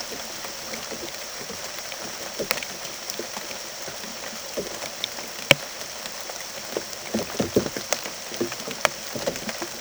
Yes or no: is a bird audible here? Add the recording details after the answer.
no. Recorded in secondary vegetation near Puerto Asís, Putumayo, Colombia, on 24 June 2025 at 18:00. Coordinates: 0.489, -76.322. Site G021